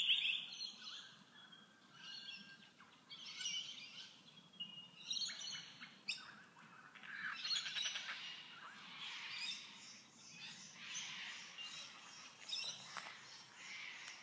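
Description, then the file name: Bird chirps, high and thin, coming in repeated short bursts throughout, over steady background noise. "Tweets"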